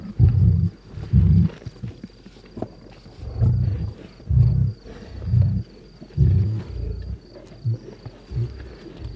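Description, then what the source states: Lion giving deep, throaty growls in short repeated bursts, about one each second, with brief pauses between. Lion eating a zebra.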